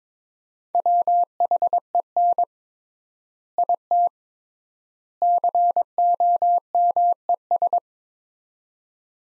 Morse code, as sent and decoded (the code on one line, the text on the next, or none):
.-- .... . -. / .. - / -.-. --- -- . ...
WHEN IT COMES